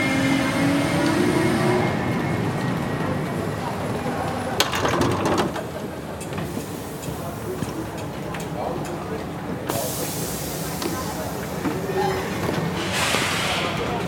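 A train ride with a steady, dense rumble and rattle of the tracks running through the whole clip. Around five seconds a burst of sharp clatter passes, and a bright hiss rises near ten seconds and again near thirteen. A faint murmur of voices sits underneath.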